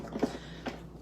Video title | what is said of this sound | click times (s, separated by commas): Mon Dada 😁 extracteur à jus 😁 | sur un petit clic comme ça. C'est pas plus compliqué que ça. | 0.2 s